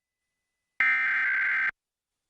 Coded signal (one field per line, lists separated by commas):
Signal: Emergency Alert System (SAME) tones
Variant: header bursts